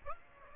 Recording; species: mosquito wingbeat signal from an infrared sensor; Aedes aegypti